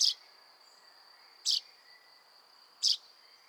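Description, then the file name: Common chaffinch calls: three abrupt, loud notes about one and a half seconds apart, with a constant thin high tone running underneath. "Fringilla coelebs"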